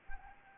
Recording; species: mosquito wingbeat signal from an infrared sensor; Anopheles arabiensis